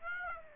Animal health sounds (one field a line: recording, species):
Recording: mosquito wingbeat signal from an infrared sensor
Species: Aedes aegypti